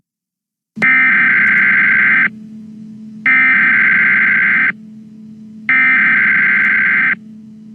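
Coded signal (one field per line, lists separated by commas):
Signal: Emergency Alert System (SAME) tones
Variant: header bursts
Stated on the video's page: Fake EAS alert for a fictional zombie attack.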